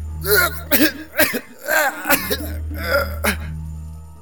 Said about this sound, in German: Dann wurde er von einem starken, krächzenden Husten geschüttelt. Einen Moment dachte ich, er müsse sich gleich übergeben. Doch dann beruhigte er sich wieder ein wenig.